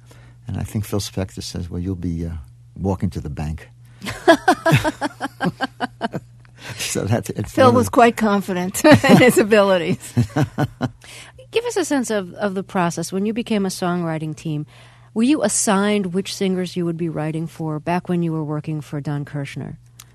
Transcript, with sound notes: And I think Phil Spector says, well, you'll be walking to the bank.
(LAUGHTER)
So that's...
Phil was quite confident in his abilities (laughter).
Give us a sense of the process. When you became a songwriting team, were you assigned which singers you would be writing for back when you were working for Don Kirshner?